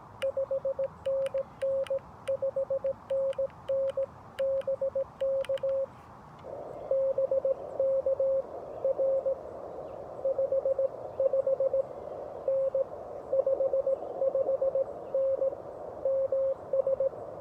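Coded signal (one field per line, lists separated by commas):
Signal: Morse code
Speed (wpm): 17 wpm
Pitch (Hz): 540 Hz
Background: none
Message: 5NN 5NN BK BK R 55N 55N MS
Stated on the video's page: CW sent at about 17 wpm with a 3D-printed paddle on a Xiegu G90 during portable Parks On The Air activation QSOs at a state park.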